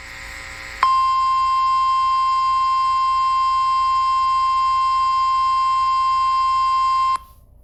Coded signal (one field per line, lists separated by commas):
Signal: Emergency Alert System (SAME) tones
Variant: 1050 Hz attention tone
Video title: Eas Fwd rwt on WXK35 Eas#2089